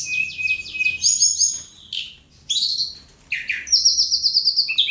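Songbird giving rapid repeated trill notes, then harsh high bursts, a short gap, and a lively buzzy chattering trill to close.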